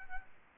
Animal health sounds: mosquito wingbeat signal from an infrared sensor; Aedes aegypti

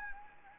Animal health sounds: mosquito wingbeat signal from an infrared sensor; Anopheles gambiae

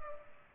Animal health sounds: mosquito wingbeat signal from an infrared sensor; Culex pipiens

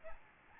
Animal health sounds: mosquito wingbeat signal from an infrared sensor; Aedes albopictus

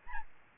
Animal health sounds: mosquito wingbeat signal from an infrared sensor; Aedes albopictus

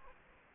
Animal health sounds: mosquito wingbeat signal from an infrared sensor; Aedes aegypti

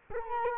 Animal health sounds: mosquito wingbeat signal from an infrared sensor; Culex quinquefasciatus

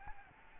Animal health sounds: mosquito wingbeat signal from an infrared sensor; Aedes albopictus

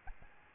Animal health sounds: mosquito wingbeat signal from an infrared sensor; Aedes albopictus

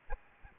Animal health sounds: mosquito wingbeat signal from an infrared sensor; Aedes albopictus

